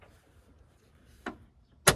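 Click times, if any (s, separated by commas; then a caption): 1.9 s. A second-row folding seatback in a 2024 Chevy Equinox AWD LT SUV is folded down by pulling on the headrest. A soft thud at 1.3 s is followed by a sharp, loud latch click at 1.9 s. The seatback latches down and a small red indicator lever pops up.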